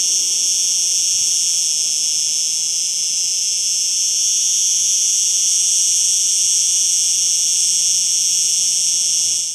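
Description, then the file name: Cicadas buzzing in a continuous, steady high-pitched drone at even loudness until it drops away at the very end, with no other clear sounds. Recorded in a field in Spain. "insects cicads spain field"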